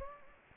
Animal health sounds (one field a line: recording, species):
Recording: mosquito wingbeat signal from an infrared sensor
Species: Anopheles gambiae